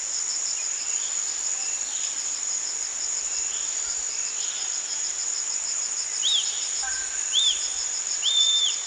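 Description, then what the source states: Wallace's hawk-eagle calls: three high whistled notes rising then falling, about a second apart near the end, over a loud constant insect drone. Recorded at Danum on 1 March 2008.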